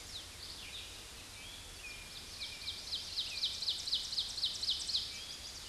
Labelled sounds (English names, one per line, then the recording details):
Ovenbird song
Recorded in a Pennsylvania forest on 16 May 2024 at 07:34
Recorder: AudioMoth, point MSD-0690
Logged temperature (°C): 16.0 °C
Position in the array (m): 210 m, 102 m